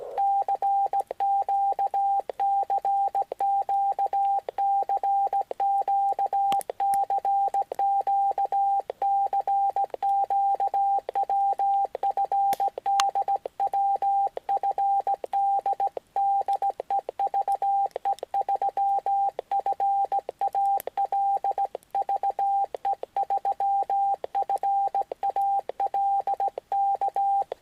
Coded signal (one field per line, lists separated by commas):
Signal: Morse code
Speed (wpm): 17 wpm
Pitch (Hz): 790 Hz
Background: radio noise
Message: CQ CQ CQ CQ CQ WFD WFD DE VE3FAL VE3FAL K